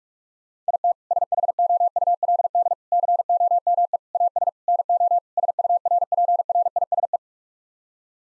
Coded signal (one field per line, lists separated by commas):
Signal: Morse code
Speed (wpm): 41 wpm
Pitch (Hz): 700 Hz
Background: none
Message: IT SHOULD COME AS NO SURPRISE